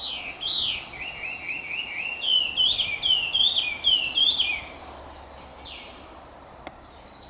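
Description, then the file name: Chinese hwamei song: loud, varied whistled phrases sliding up and down, repeated in quick succession, then trailing into softer high notes over steady background hiss. Recorded on 30 April 2021. "20210430 ガビチョウ"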